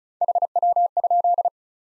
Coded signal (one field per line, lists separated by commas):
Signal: Morse code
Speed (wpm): 34 wpm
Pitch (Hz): 700 Hz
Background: none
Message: HW?